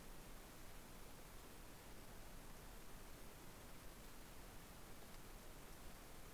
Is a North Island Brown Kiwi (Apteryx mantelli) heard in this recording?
no